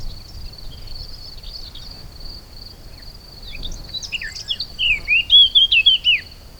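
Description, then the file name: Eurasian blackcap song: a few scattered notes build into a fast warbling phrase of looping, twisting notes near the end, with a continuous high-pitched insect drone behind. "Sylvia atricapilla"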